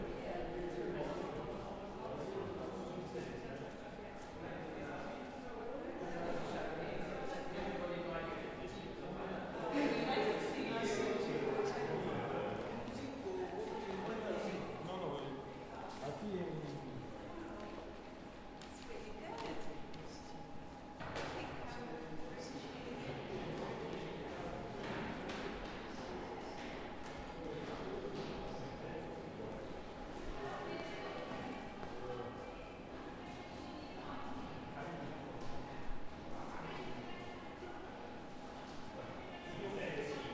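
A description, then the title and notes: Footsteps and snatches of conversation move through a large, echoing gallery, with voices loudest around ten to twelve seconds in. Hard-soled steps click irregularly throughout, while a steady air-conditioning hum with a faint fixed tone sits underneath the whole time. UCL Soundscapes: Octagon Gallery. Field recording in the new Octagon Gallery. In stereo on Zoom H4N. Footsteps, brief moments of conversations and the hum of air conditioning in the background.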